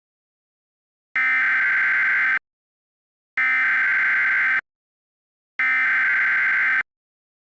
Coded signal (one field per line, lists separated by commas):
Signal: Emergency Alert System (SAME) tones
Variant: header bursts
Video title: EAS Scenario 4: The Box Invaders | Part 1